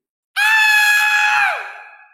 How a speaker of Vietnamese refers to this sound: Một tiếng hét vang dội, quả thực có thể làm xuyên thủng sắt thép, nứt vỡ đất đá, vang vọng khắp Thánh Hoàng Cung cùng biển dung nham.